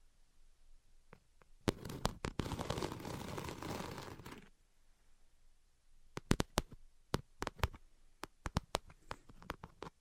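Sharp tapping clicks come in irregular bursts, with a dense scratching rush from about two to four and a half seconds, then scattered taps.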